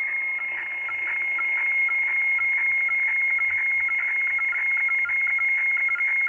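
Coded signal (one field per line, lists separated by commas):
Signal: weather fax (radiofax)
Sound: steady high whistle with soft rhythmic scratchy ticks about twice a second, under hiss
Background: radio static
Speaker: that chart this is boston by the way it's on the station in boston and they broadcast weather charts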